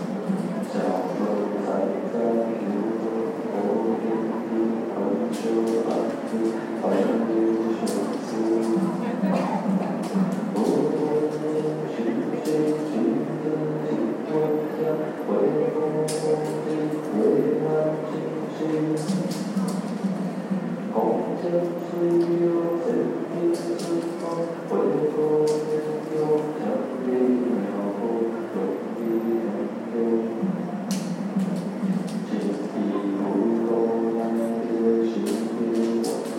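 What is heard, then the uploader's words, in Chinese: A crowd of voices chants sutras together at a temple, a steady, dense unison drone of low to middle pitch that holds its level for the whole stretch. Held tones shift every few seconds, and brief sharp taps and clicks cut through now and then. 行天宮誦經。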